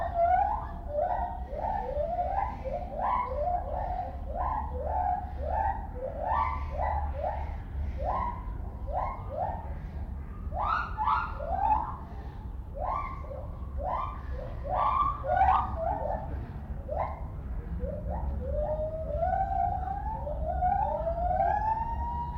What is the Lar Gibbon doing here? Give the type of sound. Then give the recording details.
call. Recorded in captivity. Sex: pair. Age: adult. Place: Zoo Berlin, Berlin, DE. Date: 1995-03-11 10:20. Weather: sonnig, 0 - 5 °C. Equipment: Sony WM-D6C, Sennheiser ME 80, Kopie Uher Variocord 263. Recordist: Tembrock, Günter